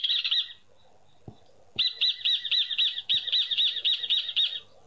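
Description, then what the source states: Rufous hornero song: a brief burst, a pause with a few soft clicks, then a steady run of rapid, looping high notes lasting about three seconds. Played on a radio programme.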